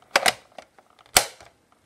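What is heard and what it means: A discharged rechargeable battery pack is slid into the battery mount of a Sony Handycam CCD-TR401E camcorder, with a few sharp sliding and handling sounds before a single loud click at 1.2 s. Two clicks are expected, but only this one is heard, although the pack sits securely in the mount.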